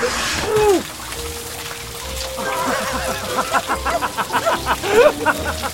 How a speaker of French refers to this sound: C'est la meilleure douche que j'ai jamais prise.